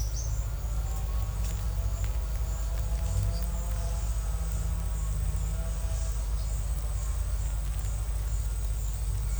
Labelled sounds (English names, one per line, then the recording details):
none
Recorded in secondary vegetation near Puerto Asís, Putumayo, Colombia, on 16 December 2024 at 12:00
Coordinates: 0.499, -76.323
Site G010